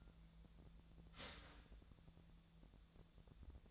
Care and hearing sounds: daily activity, microphone in the room; start toaster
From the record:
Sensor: 3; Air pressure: 1000.2 hPa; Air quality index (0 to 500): 156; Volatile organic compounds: 3 ppm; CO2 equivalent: 1379 ppm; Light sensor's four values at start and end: 35/90/38/41 and 36/91/38/41

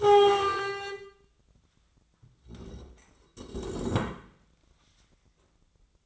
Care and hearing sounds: daily activity, microphone in the room; stand up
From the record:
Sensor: 3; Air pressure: 1012.2 hPa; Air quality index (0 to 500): 172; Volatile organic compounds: 3 ppm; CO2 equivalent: 1321 ppm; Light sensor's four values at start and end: 53/137/60/63 and 102/216/110/124

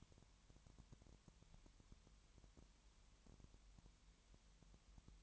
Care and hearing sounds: daily activity, microphone in the room; no activity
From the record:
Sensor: 3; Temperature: 20.5 degrees Celsius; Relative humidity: 32.9%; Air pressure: 1003.2 hPa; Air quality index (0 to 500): 106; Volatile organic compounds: 2 ppm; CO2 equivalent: 1073 ppm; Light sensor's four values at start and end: 2/3/2/2 and 2/3/2/2

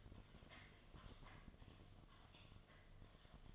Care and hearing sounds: daily activity, microphone in the room; typing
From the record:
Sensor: 4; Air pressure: 1005.2 hPa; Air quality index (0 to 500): 182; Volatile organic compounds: 5 ppm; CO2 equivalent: 1791 ppm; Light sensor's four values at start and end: 6/12/4/4 and 6/12/4/4

